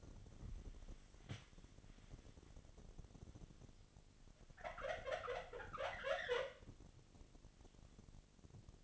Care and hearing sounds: daily activity, microphone in the room; wipe stove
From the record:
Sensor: 4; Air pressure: 1007.8 hPa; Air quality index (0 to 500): 199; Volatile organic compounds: 7 ppm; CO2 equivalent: 1988 ppm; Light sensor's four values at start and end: 22/71/27/26 and 22/71/27/26

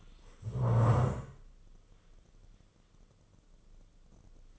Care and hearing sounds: daily activity, microphone in the room; stand up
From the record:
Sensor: 4

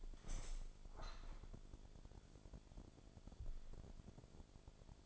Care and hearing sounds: daily activity, microphone in the room; open window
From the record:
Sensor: 5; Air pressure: 1000.6 hPa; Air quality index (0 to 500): 154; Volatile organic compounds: 2 ppm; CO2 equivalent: 1181 ppm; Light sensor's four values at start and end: 39/92/38/41 and 39/92/38/41

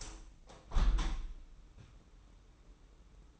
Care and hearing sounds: daily activity, microphone in the room; open window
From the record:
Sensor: 1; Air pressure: 991.3 hPa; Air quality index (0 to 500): 119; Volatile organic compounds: 189 ppm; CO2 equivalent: 4174 ppm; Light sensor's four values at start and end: 38/118/47/48 and 38/119/47/49

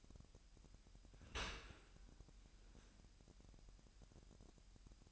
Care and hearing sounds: daily activity, microphone in the room; open dishwasher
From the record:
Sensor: 2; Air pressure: 998.2 hPa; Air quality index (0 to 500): 147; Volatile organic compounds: 4 ppm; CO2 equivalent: 1667 ppm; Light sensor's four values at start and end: 10/30/12/11 and 10/30/12/11

